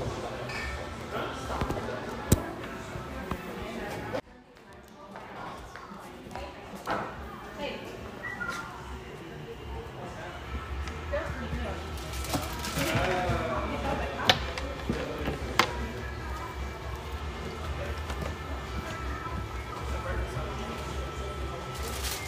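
A café full of overlapping conversation, with a steady murmur of voices and scattered clinks and knocks throughout. Around four seconds the sound briefly drops away, then the chatter builds back up, growing busier and fuller with a low rumble after the midpoint.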